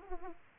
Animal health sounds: mosquito wingbeat signal from an infrared sensor; Aedes aegypti

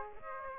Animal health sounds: mosquito wingbeat signal from an infrared sensor; Aedes aegypti

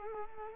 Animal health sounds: mosquito wingbeat signal from an infrared sensor; Culex quinquefasciatus

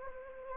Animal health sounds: mosquito wingbeat signal from an infrared sensor; Anopheles gambiae

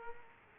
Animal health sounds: mosquito wingbeat signal from an infrared sensor; Culex quinquefasciatus

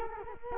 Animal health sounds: mosquito wingbeat signal from an infrared sensor; Culex quinquefasciatus

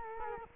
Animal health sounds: mosquito wingbeat signal from an infrared sensor; Culex quinquefasciatus

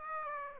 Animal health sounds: mosquito wingbeat signal from an infrared sensor; Aedes aegypti

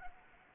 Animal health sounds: mosquito wingbeat signal from an infrared sensor; Anopheles arabiensis

